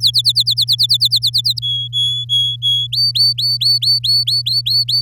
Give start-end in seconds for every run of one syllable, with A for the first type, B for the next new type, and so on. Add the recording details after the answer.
0.00-1.59 A, 1.62-2.87 B, 2.92-5.01 C. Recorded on 8 May 2018 at 12:58. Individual llb16